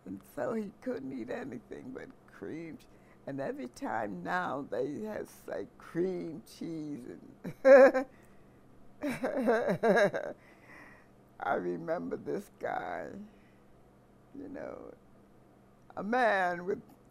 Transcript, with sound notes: And so he couldn't eat anything but cream — and every time now they have, say, cream cheese and — [chuckles] I remember this guy, you know, a man with